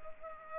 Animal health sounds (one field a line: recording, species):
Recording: mosquito wingbeat signal from an infrared sensor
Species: Culex pipiens